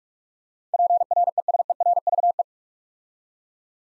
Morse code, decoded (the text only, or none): PRESERVE